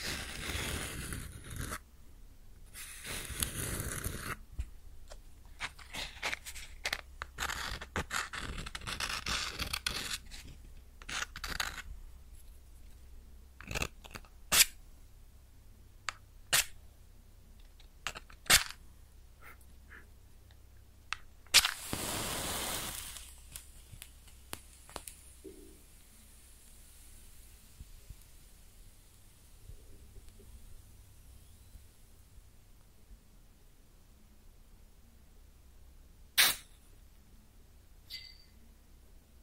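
A match is struck and lit up close, flaring in two bright rushes near the start and again around 22 seconds. Between them come scattered sharp crackles and ticks, dense early on, then thinning to occasional sizzles and isolated snaps over a low, faint hum.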